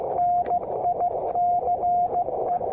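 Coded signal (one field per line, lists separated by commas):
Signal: Morse code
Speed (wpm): 16 wpm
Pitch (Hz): 720 Hz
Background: radio noise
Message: NICE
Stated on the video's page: Test of a QRPGUY V2 keyer with a 2m Twin-DL antenna.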